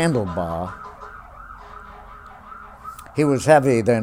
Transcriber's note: the sound of sirens is heard in the background